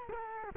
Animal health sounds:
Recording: mosquito wingbeat signal from an infrared sensor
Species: Culex quinquefasciatus

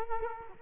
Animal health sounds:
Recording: mosquito wingbeat signal from an infrared sensor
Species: Culex quinquefasciatus

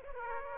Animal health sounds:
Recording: mosquito wingbeat signal from an infrared sensor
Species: Aedes aegypti

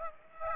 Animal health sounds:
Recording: mosquito wingbeat signal from an infrared sensor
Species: Aedes aegypti

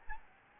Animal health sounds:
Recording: mosquito wingbeat signal from an infrared sensor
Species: Aedes albopictus

